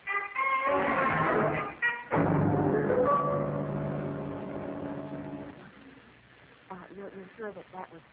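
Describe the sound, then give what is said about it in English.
A car engine roars loudly, then steadily fades as the vehicle pulls away, leaving a quieter stretch before voices begin talking. “You're sure that was Stevens in the car with me?”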